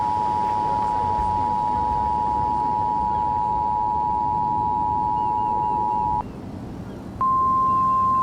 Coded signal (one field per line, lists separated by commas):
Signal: Emergency Alert System (SAME) tones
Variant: 853 and 960 Hz attention tone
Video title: EAS Hurricane Warning in LSIA